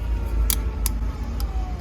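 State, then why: Not seated. A new oil filter element for a Jeep Gladiator 3.6L V6, its O-ring lubricated with oil, is handled against the plastic filter housing cap. Over a low steady rumble, two brief sharp ticks sound at 0.5 s and 0.9 s, with a fainter one near 1.4 s. The element has not yet clicked or seated into the cap.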